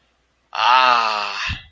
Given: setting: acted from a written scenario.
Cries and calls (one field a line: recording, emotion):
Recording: vocal sound without words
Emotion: triumph